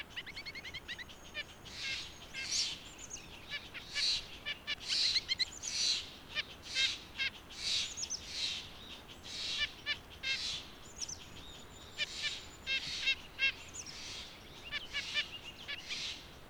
White-breasted Nuthatch call recorded at Hollowell Park in Rocky Mountain National Park.